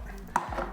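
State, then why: Seated. A chef uses pliers to set a steel blade assembly on the black seal and engages it onto the spindle head of a Pacojet food processor with a quarter turn. One sharp metallic hit sounds at 0.4 s, followed by a fainter knock at about 0.6 s. The blade locks onto the spindle head and is seated.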